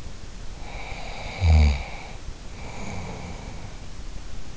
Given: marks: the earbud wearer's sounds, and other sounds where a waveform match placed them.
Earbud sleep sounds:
sounds in sleep by an in-ear microphone; snoring breath
0.51-4.00 s: snoring breath

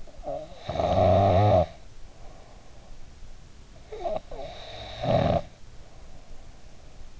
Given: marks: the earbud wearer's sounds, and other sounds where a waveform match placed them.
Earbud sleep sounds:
sounds in sleep by an in-ear microphone; snoring breath
0.00-3.13 s: snoring breath
3.87-7.11 s: snoring breath

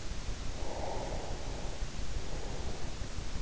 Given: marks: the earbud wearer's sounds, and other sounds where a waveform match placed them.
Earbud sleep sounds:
sounds in sleep by an in-ear microphone; breath
0.42-3.21 s: breath

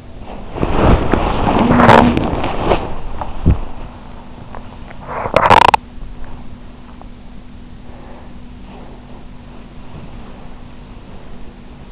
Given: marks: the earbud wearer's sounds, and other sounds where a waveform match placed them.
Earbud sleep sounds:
sounds in sleep by an in-ear microphone; body movement, teeth grinding, breath
0.00-4.72 s: body movement
4.72-6.17 s: teeth grinding
9.34-11.92 s: breath

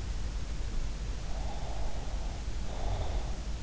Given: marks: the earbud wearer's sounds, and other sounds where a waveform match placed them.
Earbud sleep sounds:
sounds in sleep by an in-ear microphone; breath
1.34-3.36 s: breath

